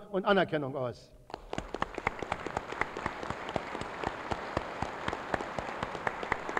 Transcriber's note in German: Applaus